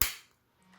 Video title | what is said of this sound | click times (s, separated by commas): Fix Your Sinking Desk Chair Permanently - Easy DIY Fix | put the washer back and install the clip you should hear a click with when it snaps in properly | 0.0 s